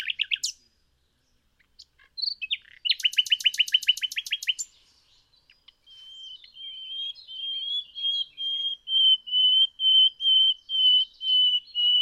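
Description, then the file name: Common nightingale song: a quick trill, then a series of identical whistled notes, each swelling louder and repeated steadily about twice per second. "Luscinia megarhynchos"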